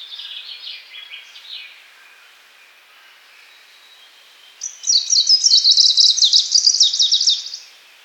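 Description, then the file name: Greenish warbler song: after a fainter opening twitter and a pause, a loud, high, hurried burst of jumbled tinkling notes lasts about three seconds. "penochka zelenaja"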